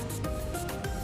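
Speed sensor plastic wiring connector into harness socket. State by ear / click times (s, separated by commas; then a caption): not seated / none. An EASTAR speed sensor's plastic wiring connector on an R15 v3 is pushed into its harness socket, with steady tonal music-like sound under soft rubbing and two brief louder bumps near 0.3 and 0.9 seconds. The connector has not clicked or seated, because a finger was held on the release tab while pushing it in.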